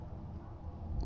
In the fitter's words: clicks into place and now nothing's moving and you got your vibration dampener for your camera.